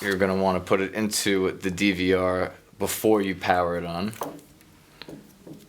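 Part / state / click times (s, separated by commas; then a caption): memory card into dash camera side slot / seated / 5.0 s. A microSD memory card is pushed into the side slot of a Falcon Zero F360 HD dual-camera car mirror DVR while someone talks. After the talking stops, the card goes in securely and latches with a sharp, brief click at 5.0 s, seating it in the slot.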